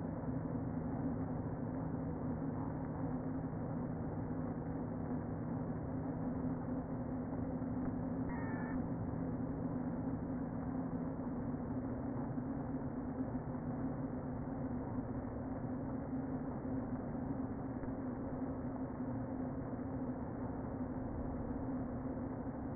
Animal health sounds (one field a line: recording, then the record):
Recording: honeybee colony, microphone inside the hive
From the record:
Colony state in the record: queen present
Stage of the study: before two queens were removed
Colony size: about 60,000 bees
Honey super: yes